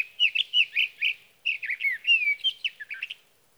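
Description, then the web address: Sage thrasher song: several repeated rich notes, a short pause, then a rapid rambling stretch of warbled phrases that fades out. "birdsongforthecurious Sage Thrasher"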